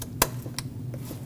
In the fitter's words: Make sure you hear that click on the connector.